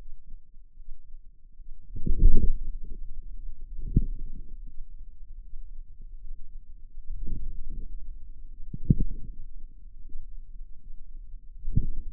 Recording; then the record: forearm muscle sounds (acoustic myography)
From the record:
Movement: inward rotation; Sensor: system 2, bracelet of six BSWA MPA416 microphones around the upper forearm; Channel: 4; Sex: female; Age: 23 years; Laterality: right